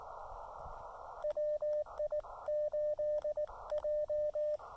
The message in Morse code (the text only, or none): WI8J